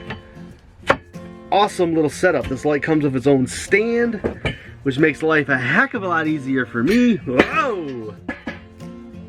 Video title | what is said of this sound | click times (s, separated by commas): Setting Up My Gurney's T5 Grow Light | and then the top just kind of snaps into place right here pretty awesome | 0.9 s